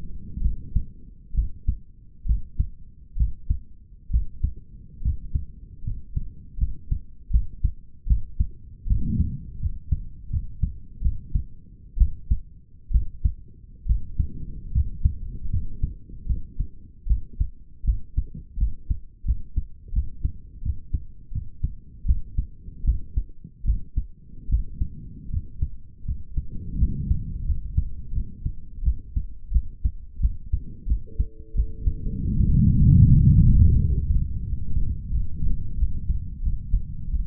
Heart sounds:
heart sounds by stethoscope; 79 bpm
0.42 s: heartbeat
1.34 s: heartbeat
2.26 s: heartbeat
3.17 s: heartbeat
4.11 s: heartbeat
5.02 s: heartbeat
5.84 s: heartbeat
6.58 s: heartbeat
7.31 s: heartbeat
8.07 s: heartbeat
8.87 s: heartbeat
9.60 s: heartbeat
10.30 s: heartbeat
11.02 s: heartbeat
11.98 s: heartbeat
12.91 s: heartbeat
13.86 s: heartbeat
14.72 s: heartbeat
15.50 s: heartbeat
16.26 s: heartbeat
17.07 s: heartbeat
17.84 s: heartbeat
18.57 s: heartbeat
19.25 s: heartbeat
19.93 s: heartbeat
20.62 s: heartbeat
21.32 s: heartbeat
22.05 s: heartbeat
22.84 s: heartbeat
23.64 s: heartbeat
24.49 s: heartbeat
25.30 s: heartbeat
26.05 s: heartbeat
26.77 s: heartbeat
27.44 s: heartbeat
28.13 s: heartbeat
28.83 s: heartbeat
29.51 s: heartbeat
30.20 s: heartbeat
30.87 s: heartbeat
31.55 s: heartbeat
32.35 s: heartbeat
33.08 s: heartbeat
33.78 s: heartbeat
34.44 s: heartbeat
35.10 s: heartbeat
35.77 s: heartbeat
36.42 s: heartbeat
37.08 s: heartbeat
From the record:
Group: healthy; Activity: rest 0-35 s, breath hold 35-37 s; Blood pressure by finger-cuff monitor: 109/74 mmHg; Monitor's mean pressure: 82 mmHg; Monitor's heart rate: 74 bpm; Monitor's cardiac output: 5.9 L/min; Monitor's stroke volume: 74 mL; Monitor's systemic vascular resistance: 1030 dyn s/cm5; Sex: male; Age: 21 years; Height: 170 cm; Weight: 71 kg

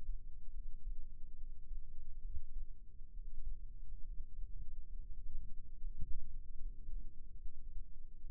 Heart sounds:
heart sounds by microphone in the left ear; 70 bpm
0.54 s: heartbeat
1.37 s: heartbeat
2.22 s: heartbeat
3.13 s: heartbeat
4.05 s: heartbeat
4.96 s: heartbeat
5.82 s: heartbeat
6.61 s: heartbeat
7.42 s: heartbeat
8.22 s: heartbeat
From the record:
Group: healthy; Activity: rest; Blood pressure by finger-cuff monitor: 107/71 mmHg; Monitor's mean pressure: 81 mmHg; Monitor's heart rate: 70 bpm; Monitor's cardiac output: 5.9 L/min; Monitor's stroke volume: 83 mL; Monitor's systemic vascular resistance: 1000 dyn s/cm5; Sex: male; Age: 22 years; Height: 181 cm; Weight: 79 kg

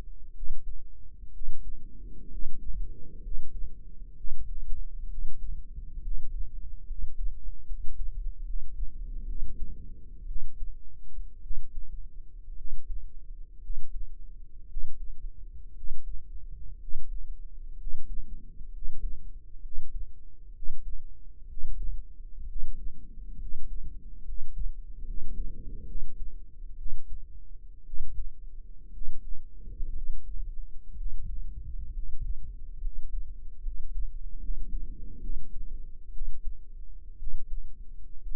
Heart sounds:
heart sounds by microphone in the right ear; 63 bpm
0.32 s: heartbeat
1.30 s: heartbeat
2.28 s: heartbeat
3.20 s: heartbeat
4.13 s: heartbeat
5.07 s: heartbeat
5.99 s: heartbeat
6.84 s: heartbeat
7.64 s: heartbeat
8.43 s: heartbeat
9.24 s: heartbeat
10.25 s: heartbeat
11.40 s: heartbeat
12.54 s: heartbeat
13.59 s: heartbeat
14.66 s: heartbeat
15.72 s: heartbeat
16.77 s: heartbeat
17.76 s: heartbeat
18.70 s: heartbeat
19.60 s: heartbeat
20.51 s: heartbeat
21.45 s: heartbeat
22.45 s: heartbeat
23.36 s: heartbeat
24.22 s: heartbeat
25.03 s: heartbeat
25.84 s: heartbeat
26.75 s: heartbeat
27.83 s: heartbeat
28.90 s: heartbeat
29.92 s: heartbeat
30.94 s: heartbeat
31.91 s: heartbeat
32.79 s: heartbeat
33.60 s: heartbeat
34.37 s: heartbeat
35.18 s: heartbeat
36.10 s: heartbeat
37.16 s: heartbeat
38.20 s: heartbeat
From the record:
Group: healthy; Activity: rest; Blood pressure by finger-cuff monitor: 127/76 mmHg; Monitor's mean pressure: 93 mmHg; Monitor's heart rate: 64 bpm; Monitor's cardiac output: 7 L/min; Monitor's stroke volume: 110 mL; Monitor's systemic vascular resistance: 980 dyn s/cm5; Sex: male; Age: 23 years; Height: 178 cm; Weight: 96.6 kg

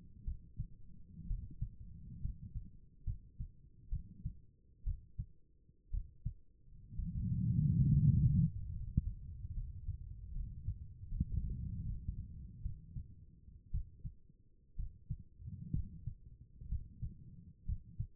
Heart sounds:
heart sounds by stethoscope; 65 bpm
0.24 s: heartbeat
1.27 s: heartbeat
2.21 s: heartbeat
3.04 s: heartbeat
3.89 s: heartbeat
4.84 s: heartbeat
5.90 s: heartbeat
6.95 s: heartbeat
7.89 s: heartbeat
8.71 s: heartbeat
9.53 s: heartbeat
10.32 s: heartbeat
11.08 s: heartbeat
11.83 s: heartbeat
12.62 s: heartbeat
13.71 s: heartbeat
14.76 s: heartbeat
15.73 s: heartbeat
16.68 s: heartbeat
17.65 s: heartbeat
From the record:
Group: healthy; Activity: rest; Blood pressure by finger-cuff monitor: 96/62 mmHg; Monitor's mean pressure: 72 mmHg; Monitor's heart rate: 63 bpm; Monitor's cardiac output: 4.8 L/min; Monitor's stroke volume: 76 mL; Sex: female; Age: 36 years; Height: 163 cm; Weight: 88 kg

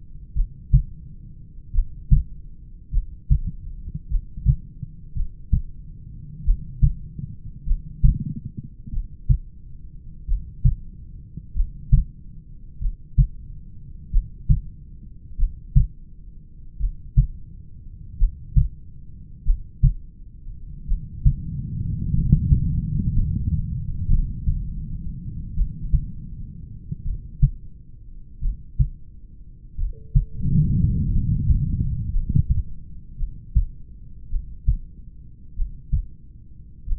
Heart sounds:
heart sounds by stethoscope; 48 bpm
0.38 s: heartbeat
1.77 s: heartbeat
2.95 s: heartbeat
4.13 s: heartbeat
5.18 s: heartbeat
6.49 s: heartbeat
7.69 s: heartbeat
8.95 s: heartbeat
10.31 s: heartbeat
11.58 s: heartbeat
12.84 s: heartbeat
14.15 s: heartbeat
15.41 s: heartbeat
16.82 s: heartbeat
18.22 s: heartbeat
19.48 s: heartbeat
20.91 s: heartbeat
22.16 s: heartbeat
23.17 s: heartbeat
24.12 s: heartbeat
25.59 s: heartbeat
27.08 s: heartbeat
28.45 s: heartbeat
29.81 s: heartbeat
31.15 s: heartbeat
32.15 s: heartbeat
33.21 s: heartbeat
34.34 s: heartbeat
35.59 s: heartbeat
36.90 s: heartbeat
From the record:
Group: heart failure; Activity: rest 0-35 s, Valsalva maneuver 35-37 s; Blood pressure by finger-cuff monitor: 91/63 mmHg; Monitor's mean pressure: 72 mmHg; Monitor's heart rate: 46 bpm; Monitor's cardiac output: 4 L/min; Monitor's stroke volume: 86 mL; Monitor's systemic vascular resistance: 1280 dyn s/cm5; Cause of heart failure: familial cardiomyopathy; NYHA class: 1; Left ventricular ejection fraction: 49%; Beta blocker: bisoprolol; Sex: male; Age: 31 years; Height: 194 cm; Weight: 96 kg

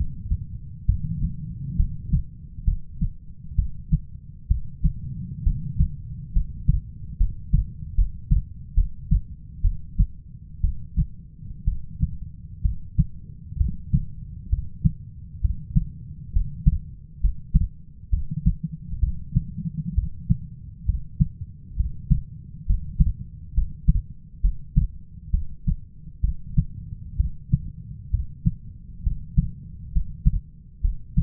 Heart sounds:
heart sounds by stethoscope; 66 bpm
0.86 s: heartbeat
1.76 s: heartbeat
2.65 s: heartbeat
3.56 s: heartbeat
4.48 s: heartbeat
5.43 s: heartbeat
6.33 s: heartbeat
7.17 s: heartbeat
7.95 s: heartbeat
8.75 s: heartbeat
9.62 s: heartbeat
10.61 s: heartbeat
11.65 s: heartbeat
12.62 s: heartbeat
13.58 s: heartbeat
14.50 s: heartbeat
15.41 s: heartbeat
16.33 s: heartbeat
17.21 s: heartbeat
18.10 s: heartbeat
19.00 s: heartbeat
19.95 s: heartbeat
20.86 s: heartbeat
21.76 s: heartbeat
22.66 s: heartbeat
23.54 s: heartbeat
24.41 s: heartbeat
25.31 s: heartbeat
26.21 s: heartbeat
27.17 s: heartbeat
28.11 s: heartbeat
29.03 s: heartbeat
29.92 s: heartbeat
30.81 s: heartbeat
From the record:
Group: healthy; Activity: rest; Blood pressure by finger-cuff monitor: 144/66 mmHg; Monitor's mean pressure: 91 mmHg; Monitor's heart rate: 66 bpm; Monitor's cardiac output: 6.5 L/min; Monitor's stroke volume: 99 mL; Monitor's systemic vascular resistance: 1000 dyn s/cm5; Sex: female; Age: 37 years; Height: 168 cm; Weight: 70 kg

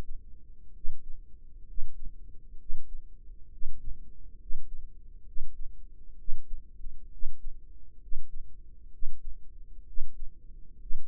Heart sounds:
heart sounds by microphone in the right ear; 66 bpm
0.74 s: heartbeat
1.67 s: heartbeat
2.59 s: heartbeat
3.51 s: heartbeat
4.40 s: heartbeat
5.26 s: heartbeat
6.18 s: heartbeat
7.11 s: heartbeat
8.01 s: heartbeat
8.92 s: heartbeat
9.87 s: heartbeat
10.80 s: heartbeat
From the record:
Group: healthy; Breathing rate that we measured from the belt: 19 breaths a minute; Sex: male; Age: 30 years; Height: 188 cm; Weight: 110.2 kg

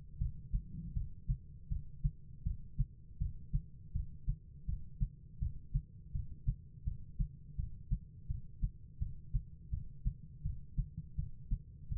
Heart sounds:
heart sounds by stethoscope; 82 bpm
0.18 s: heartbeat
0.94 s: heartbeat
1.69 s: heartbeat
2.44 s: heartbeat
3.19 s: heartbeat
3.93 s: heartbeat
4.66 s: heartbeat
5.39 s: heartbeat
6.12 s: heartbeat
6.85 s: heartbeat
7.56 s: heartbeat
8.28 s: heartbeat
8.99 s: heartbeat
9.71 s: heartbeat
10.43 s: heartbeat
11.16 s: heartbeat
11.89 s: heartbeat
From the record:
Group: healthy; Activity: breath hold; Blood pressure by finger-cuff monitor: 125/77 mmHg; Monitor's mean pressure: 100 mmHg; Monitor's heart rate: 82 bpm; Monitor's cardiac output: 6.4 L/min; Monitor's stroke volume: 79 mL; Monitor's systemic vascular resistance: 1150 dyn s/cm5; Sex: female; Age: 51 years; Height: 162 cm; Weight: 70.04 kg

